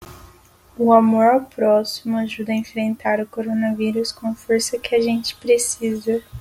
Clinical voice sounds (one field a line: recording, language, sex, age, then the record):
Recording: spoken sentence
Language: Brazilian Portuguese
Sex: female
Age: 18 to 19 years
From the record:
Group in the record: control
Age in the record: 19 years